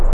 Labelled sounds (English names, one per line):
Hermit Warbler flight call